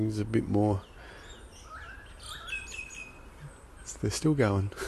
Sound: birdsong in background